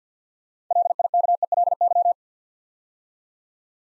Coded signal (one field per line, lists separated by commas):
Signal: Morse code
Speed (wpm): 54 wpm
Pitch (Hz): 700 Hz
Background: none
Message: LIKELY